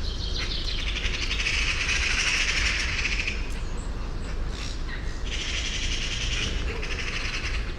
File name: Pica pica